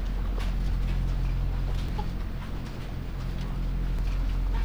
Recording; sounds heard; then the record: poultry house recording; healthy chickens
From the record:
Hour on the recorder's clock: 2